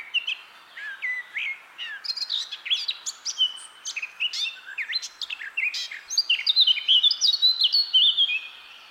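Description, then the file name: Eurasian blackcap song: a long, varied warble of quick chirps and sliding whistles that grows louder and richer toward the end. "Sylvia atricapilla"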